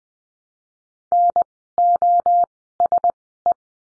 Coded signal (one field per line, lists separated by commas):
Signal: Morse code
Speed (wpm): 20 wpm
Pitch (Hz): 700 Hz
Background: none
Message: NOSE